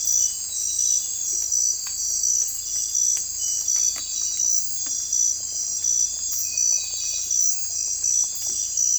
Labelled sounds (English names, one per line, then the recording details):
none
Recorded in secondary vegetation near Puerto Asís, Putumayo, Colombia, on 16 December 2024 at 03:00
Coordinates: 0.481, -76.318
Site G042